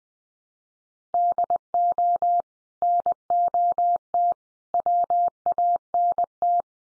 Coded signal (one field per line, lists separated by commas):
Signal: Morse code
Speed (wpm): 20 wpm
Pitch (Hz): 700 Hz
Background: none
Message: DO NOT WANT